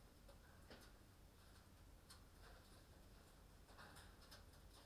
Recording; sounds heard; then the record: poultry house recording; no chicken sound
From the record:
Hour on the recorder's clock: 20